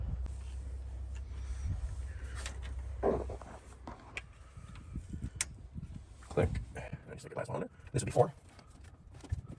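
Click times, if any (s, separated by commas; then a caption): none. A spark plug wire boot is handled over the spark plug for cylinder four on a Chevy straight six during a tune-up, with scattered soft knocks, rustles and a sharp tap around 5.4 seconds while someone talks. Nothing has seated or clicked yet by the end of the clip.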